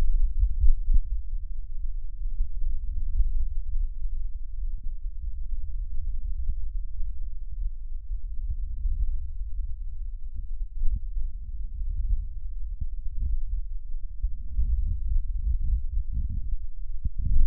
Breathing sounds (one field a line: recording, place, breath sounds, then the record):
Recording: lung sounds by stethoscope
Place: left posterior lower chest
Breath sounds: normal breath sounds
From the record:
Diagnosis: none (healthy)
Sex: male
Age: 41 years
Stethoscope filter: bell mode, 20 to 200 Hz